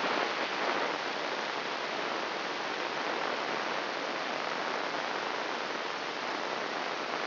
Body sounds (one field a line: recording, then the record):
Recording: brain microelectrode recording played as sound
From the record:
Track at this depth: outside the subthalamic nucleus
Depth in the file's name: 1.113 mm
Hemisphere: left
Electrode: 3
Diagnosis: Parkinson's disease